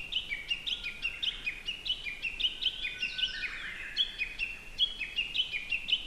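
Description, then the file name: Japanese bush warbler song: quick, bright, repeated chirping notes rise and fall throughout, with a long, low whistle running under the middle part. Recorded at Norikura, Japan, on 5 July 2019. "20190705-norikura bush warbler"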